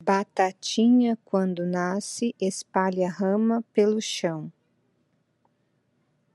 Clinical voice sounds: short text; Brazilian Portuguese; female; 30 to 39 years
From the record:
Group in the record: control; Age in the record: 39 years

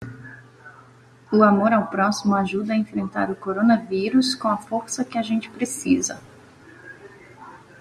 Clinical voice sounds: spoken sentence; Brazilian Portuguese; female; 30 to 39 years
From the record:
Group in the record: control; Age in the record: 38 years

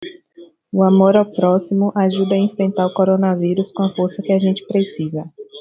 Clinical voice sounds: spoken sentence; Brazilian Portuguese; female; 20 to 29 years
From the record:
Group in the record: control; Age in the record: 22 years

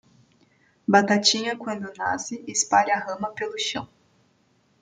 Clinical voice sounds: short text; Brazilian Portuguese; female; 20 to 29 years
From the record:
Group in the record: control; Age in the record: 29 years

